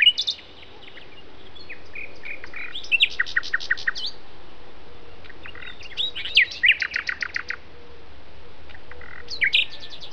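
Common nightingale song with phrases of fast repeated chip trills and whistled notes, each burst followed by a pause of a few seconds, steady low hum beneath.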